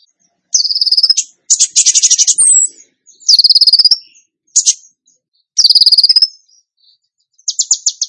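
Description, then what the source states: Bird song: high whistled slurred notes alternating with rapid buzzy trills, in short bursts separated by brief pauses. Masteran training recording; tembakan gacor song style.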